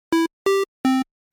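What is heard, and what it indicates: Three brief buzzy tones, about 0.4 s apart, step middle, higher, then lower in pitch. Each starts and stops abruptly at constant loudness. This is a simulated hospital alarm with a flat envelope, an unnatural sound that grabs attention but that staff learn to tune out, and that provokes a stress response harming minds and bodies.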